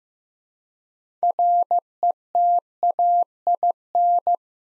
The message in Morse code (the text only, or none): RETAIN